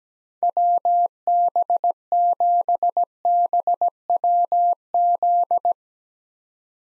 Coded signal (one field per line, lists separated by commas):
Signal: Morse code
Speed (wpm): 17 wpm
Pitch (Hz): 700 Hz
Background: none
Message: WB7BWZ